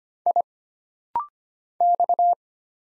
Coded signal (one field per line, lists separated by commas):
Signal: Morse code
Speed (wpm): 25 wpm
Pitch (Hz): 700 Hz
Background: none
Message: I X